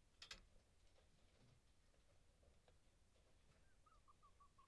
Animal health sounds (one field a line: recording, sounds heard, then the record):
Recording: poultry house recording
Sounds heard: healthy chickens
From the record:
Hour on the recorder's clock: 9